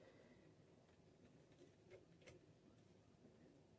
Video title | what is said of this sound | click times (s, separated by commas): clown animatronic build challenge! how many can I set up in the short time?!? | He's not clicking in place more. | none